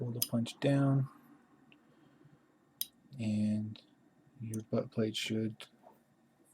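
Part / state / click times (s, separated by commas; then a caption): slide cover plate onto pistol slide / seated / 2.8 s. Someone talks while a punch holding the firing pin assembly is pulled down and the slide cover plate slides onto a Glock pistol slide to hold the firing pin in. A single loud, sharp click at 2.8 s marks the cover plate seating in place.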